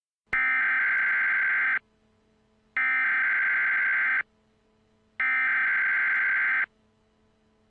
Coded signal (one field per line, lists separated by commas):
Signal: Emergency Alert System (SAME) tones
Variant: header bursts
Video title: EAS Scenario - Economic Riot